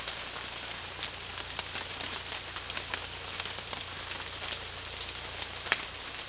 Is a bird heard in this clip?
no